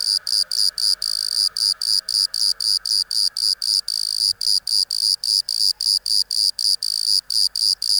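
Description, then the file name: Bordeaux cricket chirping: high, ringing pulses in an even rhythm, nearly four each second, with a soft lower hum running beneath. "Modicogryllus bordigalensis"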